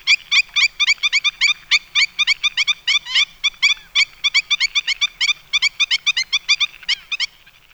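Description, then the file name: Black-winged stilt giving sharp, nasal yelping notes in a fast, slightly uneven series of about four per second. "Himantopus himantopus"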